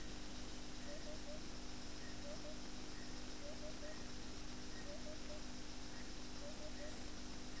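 Gold-whiskered barbet giving faint low hoots in groups of three, the groups repeated steadily over constant background hiss.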